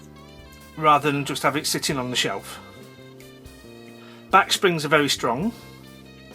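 Someone talks over background music while handling a Case XX Barlow slip-joint pocketknife, about to open its blade into the open position against the very strong steel back spring. Nothing has snapped or seated into place yet by the end of the clip.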